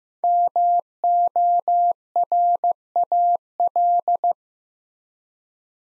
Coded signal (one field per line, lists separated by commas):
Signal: Morse code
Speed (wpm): 15 wpm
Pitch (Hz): 700 Hz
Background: none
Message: MORAL